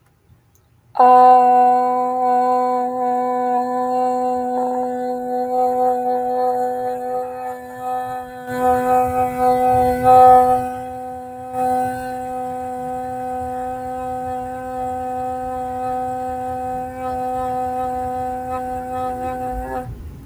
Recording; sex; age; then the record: vowel held as long as possible; female; 20 to 29 years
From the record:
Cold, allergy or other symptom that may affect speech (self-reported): no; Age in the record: 24 years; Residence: Illinois, United States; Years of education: 18